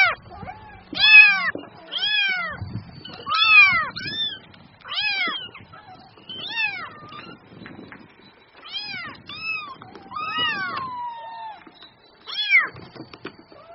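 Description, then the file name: Cat: kitten mewing, a string of thin, arched meows roughly every second or two, one drawn-out falling mew near the end. Kitten, mewing in a whiny, endearing way. "Tieng meo con keu nung niu de thuong"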